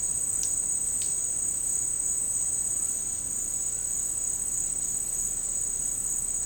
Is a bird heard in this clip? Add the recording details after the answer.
no. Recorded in secondary vegetation near Puerto Asís, Putumayo, Colombia, on 13 March 2025 at 13:30. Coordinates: 0.502, -76.326. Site G100